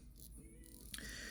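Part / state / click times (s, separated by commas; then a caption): screw-down crown on a watch case tube / released / 0.9 s. A brass, cerakoted screw-down watch crown is unscrewed off the threads of the case tube, giving a few faint ticks before a sharper click at 0.9 s. The crown comes free of its threads and is released so it can be wound.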